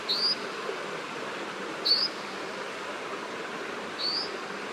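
Brown dipper giving three sharp, high, short calls spaced about two seconds apart over steady background noise.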